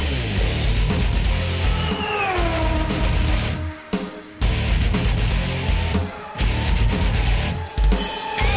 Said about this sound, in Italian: Anzi, vi faccio subito sentire la sigla che da venerdì prossimo, dopo GR delle 15, sentirete ogni volta che si accendono i motori.